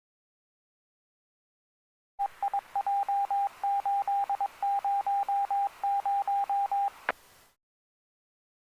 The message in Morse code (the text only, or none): EIJ800